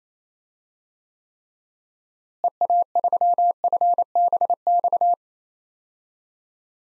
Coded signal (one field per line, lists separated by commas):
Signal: Morse code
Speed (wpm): 27 wpm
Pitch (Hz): 700 Hz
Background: none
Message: EA3FBX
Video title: DXCC-100 Call Signs - 6 Character Repeated 2x - 28wpm